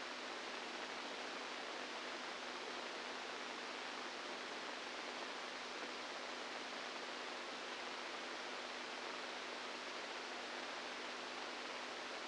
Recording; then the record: brain microelectrode recording played as sound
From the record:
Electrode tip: inside the subthalamic nucleus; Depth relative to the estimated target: -3 mm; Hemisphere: right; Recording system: NeuroSet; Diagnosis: Parkinson's disease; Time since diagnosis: 10 years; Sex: female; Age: 67 years